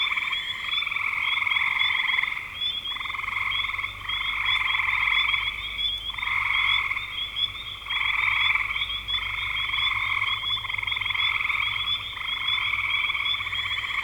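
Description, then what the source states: Frog chorus of buzzy pulsed trills in repeated bursts separated by brief gaps, over a constant high-pitched drone. Recorded in spring 2025.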